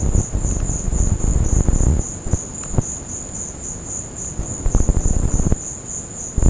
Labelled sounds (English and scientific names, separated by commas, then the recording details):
none
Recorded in secondary vegetation near Puerto Asís, Putumayo, Colombia, on 8 March 2025 at 15:30
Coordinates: 0.481, -76.318
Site G097